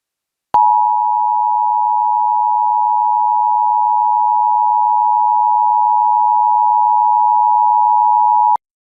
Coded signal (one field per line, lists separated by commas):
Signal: Emergency Alert System (SAME) tones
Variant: 853 and 960 Hz attention tone